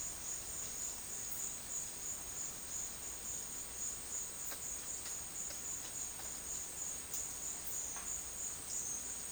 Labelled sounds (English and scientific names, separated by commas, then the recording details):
none
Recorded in secondary vegetation near Puerto Asís, Putumayo, Colombia, on 23 June 2025 at 12:00
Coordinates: 0.499, -76.323
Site G077